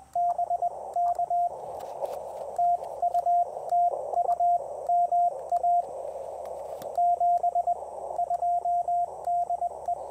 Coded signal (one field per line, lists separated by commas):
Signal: Morse code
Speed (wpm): 21 wpm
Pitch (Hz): 700 Hz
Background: radio noise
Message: BK TU TU MA 72 DE